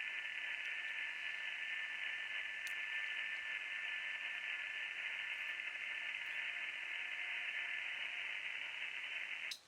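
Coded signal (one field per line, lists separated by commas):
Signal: FT8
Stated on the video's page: 5 watts into an indoor magnetic loop antenna, with noise from a dirty laptop charger interfering.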